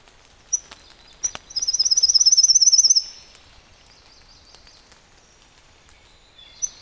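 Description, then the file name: Pale-legged leaf warbler singing one rapid, high-pitched pulsing trill of about a second and a half, preceded by a few sharp ticks and followed by faint, thin, high notes. "warbler-pale-legged-leaf a-Phylloscopus-tenellipes"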